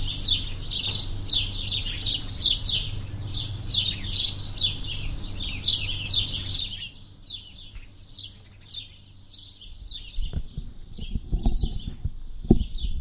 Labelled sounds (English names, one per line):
House Sparrow call